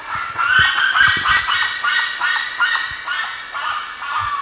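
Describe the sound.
Bird calls, rough squawking notes in quick irregular bursts, with faint low thumps underneath.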